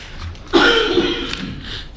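A single abrupt, harsh cough from an adult man bursts out about halfway through, trailing into a short voiced, throaty rumble for just under a second. It is an isolated cough with no wheeze or repeated fits, heard over a quiet room.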